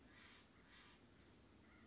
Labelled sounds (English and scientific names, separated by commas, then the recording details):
Acorn Woodpecker (Melanerpes formicivorus)
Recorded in Sonoma County, California